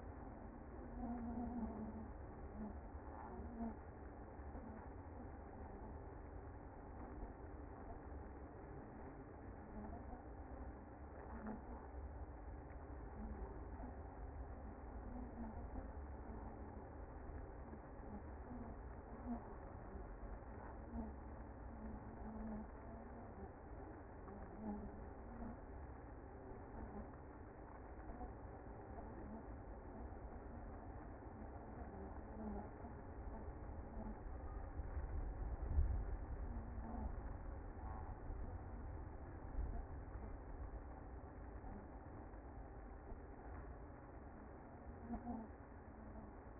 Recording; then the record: honeybee colony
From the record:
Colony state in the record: active